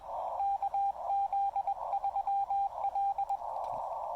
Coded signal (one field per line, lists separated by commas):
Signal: Morse code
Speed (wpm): 21 wpm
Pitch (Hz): 800 Hz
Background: radio noise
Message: KZ3L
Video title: Enjoying a Casual Trailside QRP Park Activation with the Xiegu X5105 and PackTenna 9:1 UNUN